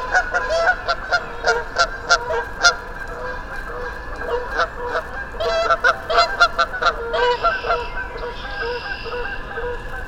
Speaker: After about 15 minutes of goose conversation, they flew on to their destination